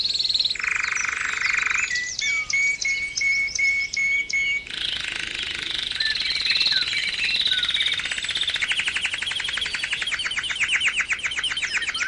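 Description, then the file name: Canary singing a dense buzzy tour, then a row of sharp repeated notes, then rich rolling trills and fast rhythmic rattles. Canary training song (kenari terapi), posted October 2013. "kenari terapi omkicau"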